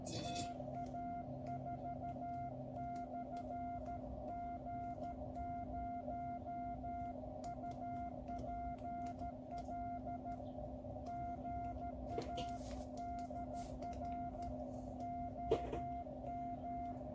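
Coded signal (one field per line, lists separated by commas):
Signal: Morse code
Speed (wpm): 13 wpm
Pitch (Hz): 700 Hz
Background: none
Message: TA4/G0UPL GA DR OM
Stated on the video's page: Morse from a QCX+ 5W QRP CW transceiver kit.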